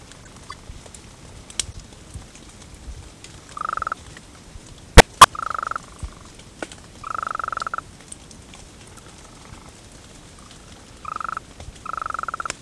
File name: GOLDEN TOAD